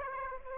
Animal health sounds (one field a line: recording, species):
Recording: mosquito wingbeat signal from an infrared sensor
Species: Aedes aegypti